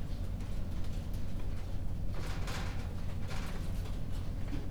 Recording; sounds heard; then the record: poultry house recording; no chicken sound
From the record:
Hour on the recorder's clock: 22